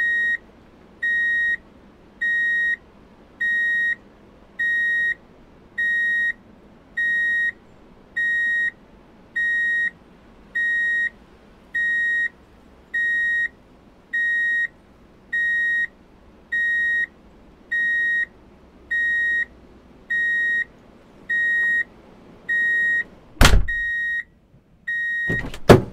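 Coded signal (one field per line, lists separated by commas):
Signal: none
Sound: vehicle reversing warning beeps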